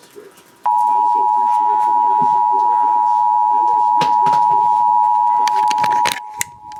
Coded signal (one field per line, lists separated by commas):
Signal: Emergency Alert System (SAME) tones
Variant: 853 and 960 Hz attention tone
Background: speech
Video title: Virginia's Monthly... | EAS #1-4 | Required Monthly Test (RMT) | May 12th, 2026